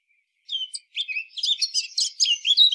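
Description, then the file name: Eurasian blackcap singing a rapid warbled phrase of varied chirps and twitters that grows louder and richer toward the end, with no other sounds. "Sylvia atricapilla"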